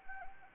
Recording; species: mosquito wingbeat signal from an infrared sensor; Anopheles arabiensis